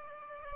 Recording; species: mosquito wingbeat signal from an infrared sensor; Aedes aegypti